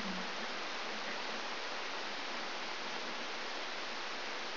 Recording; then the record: brain microelectrode recording played as sound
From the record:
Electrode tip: outside the subthalamic nucleus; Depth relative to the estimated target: -3 mm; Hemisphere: left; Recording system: AlphaMap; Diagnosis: Parkinson's disease